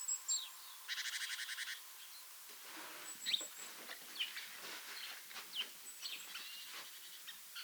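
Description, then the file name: Great tit call: a quick burst of several buzzy, harmonic-rich notes lasting under a second, among scattered faint chirps over steady hiss. "Parus major"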